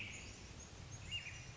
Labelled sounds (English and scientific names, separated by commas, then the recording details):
American Robin (Turdus migratorius)
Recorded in Sonoma County, California